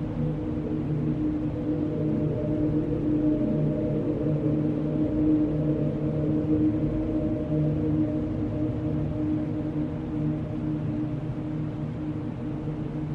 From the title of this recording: Pink Noise with Alien Drone